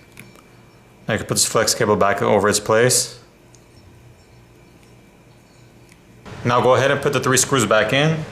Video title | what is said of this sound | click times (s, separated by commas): Moto Z2 Force -Disassembled - Guidance | click the top back in | 0.2 s